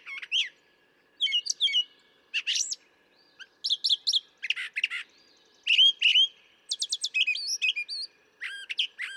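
Brown thrasher song with loud, crisp phrases, many clearly doubled: rapid clicking bursts, upslurred whistles and buzzy notes in a steady, varied sequence.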